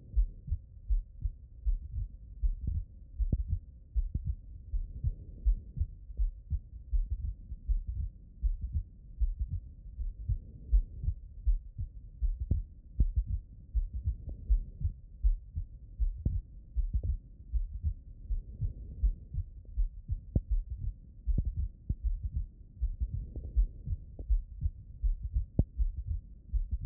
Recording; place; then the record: heart sounds by stethoscope; aortic valve (AV)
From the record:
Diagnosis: non-HFrEF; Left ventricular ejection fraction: 56%